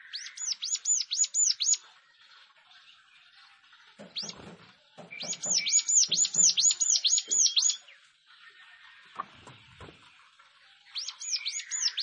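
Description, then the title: Plain prinia song: rapid strings of high looping notes in bursts of up to three seconds, with faint clicks and knocks in the pauses. "Ciblek Sawah"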